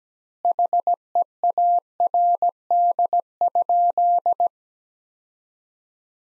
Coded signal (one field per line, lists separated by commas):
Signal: Morse code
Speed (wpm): 17 wpm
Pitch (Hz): 700 Hz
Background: none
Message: HEARD?